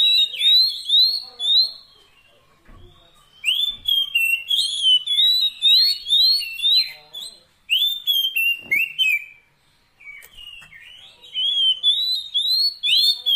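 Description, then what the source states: Oriental magpie-robin song: clear whistles and trills in several bursts separated by quieter gaps, notes sliding up and down quickly. Long-duration fill-in (isian) recording of kacer song, meant to get a bird singing actively (gacor) day and night.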